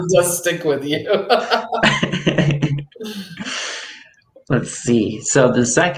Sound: laughs